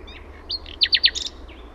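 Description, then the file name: Common nightingale song fragment: a short whistle, then three loud, sharp descending notes in quick succession and a brief high buzzy flourish, over a faint low hum. Finland. "ETELAN SATAKIELI"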